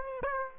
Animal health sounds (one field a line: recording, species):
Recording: mosquito wingbeat signal from an infrared sensor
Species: Aedes aegypti